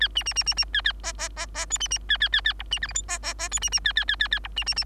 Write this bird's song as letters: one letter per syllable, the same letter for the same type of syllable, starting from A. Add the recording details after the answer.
A B B B B B A A C C C C D B B A A A A E B F G H C C C D B B A A A A A E B B B. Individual Bird3